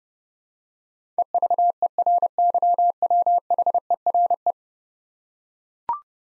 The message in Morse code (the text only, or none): EVERYWHERE